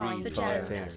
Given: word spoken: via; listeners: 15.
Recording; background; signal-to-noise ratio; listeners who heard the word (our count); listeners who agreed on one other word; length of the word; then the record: one English word in noise, from a listening test; four-talker babble; -3.0 dB; 0 of 15; 7 of 15; 0.57 s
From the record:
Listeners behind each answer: 7, 3, 1, 1, 1, 1, 1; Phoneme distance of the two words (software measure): 45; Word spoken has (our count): 2 syllables, 3 phonemes, stress on syllable 1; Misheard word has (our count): 2 syllables, 6 phonemes, stress on syllable 2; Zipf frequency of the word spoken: 4.12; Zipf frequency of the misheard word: 4.63